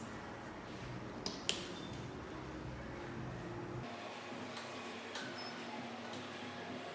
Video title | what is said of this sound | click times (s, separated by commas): #unboxing #youtuber 18” neewer Ringlight unboxing // Kliss Beauty | should click in place. | 1.3 s, 1.5 s